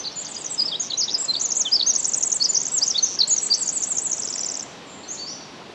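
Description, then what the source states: Pacific wren song: a fast, tumbling stream of very high tinkling notes and trills running about four and a half seconds, then stopping, leaving soft background hiss and one brief high note. Recorded 10 July 2011 at 06:35.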